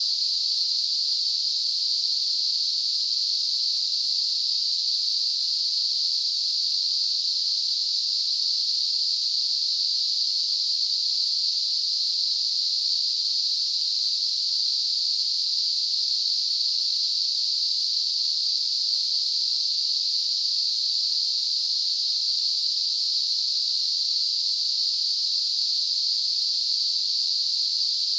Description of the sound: Tinnitus.